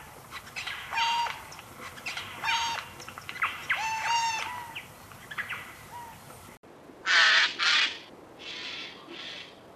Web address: Голоса птиц Сойка